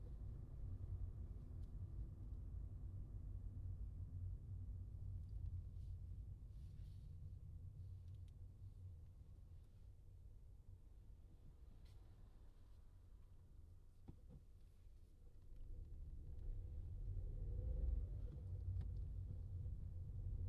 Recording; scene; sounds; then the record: everyday scene through a hearing-aid microphone; in a vehicle; engine, traffic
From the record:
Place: Skoda Fabia, gasoline engine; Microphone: in the ear canal, left